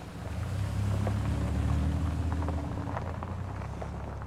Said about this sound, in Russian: Плещеева смотрит ему вслед, потом заводит машину. Машина Плещеевой уезжает.